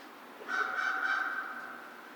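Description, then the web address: American crow uttering a single long, hoarse caw that trails off slowly. Recorded 2 March 2010. "Crow 2010 03 02 American Crow"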